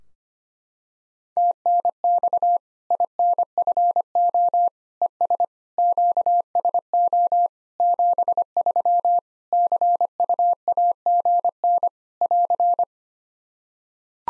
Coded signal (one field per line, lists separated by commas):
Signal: Morse code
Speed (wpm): 25 wpm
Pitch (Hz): 700 Hz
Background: none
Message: TNX INFO ES QSO 73 CUAGN <AR>